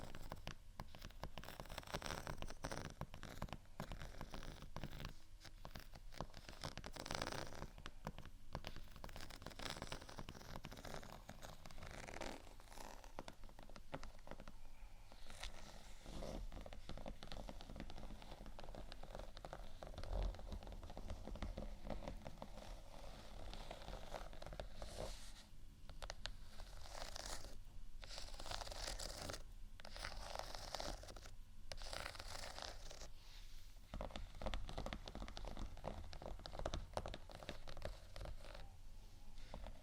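Scratching and tapping on textured items runs continuously for the whole stretch, a dense, busy rasp broken by many short taps and bursts. A steady low beat pulses underneath throughout, with loudness staying fairly even and brighter scrapes flaring up around the middle and later.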